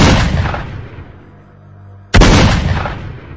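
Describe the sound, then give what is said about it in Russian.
Two loud rifle shots about two seconds apart, fired from the left of a boulder during a firefight, each a sharp, booming crack followed by a long, rumbling decay, with no voices. “И тут, совершенно неожиданно, слева от валуна ухнул ружейный выстрел. И тут же еще один.”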